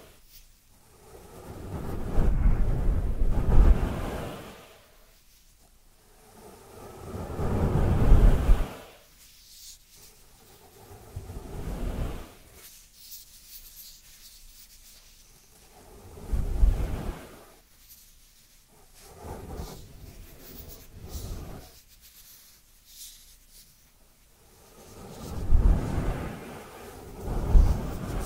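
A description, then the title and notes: Dry hands rub together in slow, swelling passes, each lasting a couple of seconds and rising to a soft, papery rush with a deep low thump. Near-silent pauses separate the passes, which return roughly every four to five seconds. ASMR Dry Dry Dry Hand Sounds to Beat Your Tingle Immunity (No Talking).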